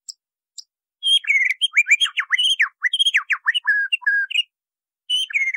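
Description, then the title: White-rumped Shama singing: two faint chips, then a rapid three-second stream of loud sweet whistled slurs and dropping notes, a pause, and one more short phrase. Masteran training song. "MASTERAN MURAI BATU LABAIK"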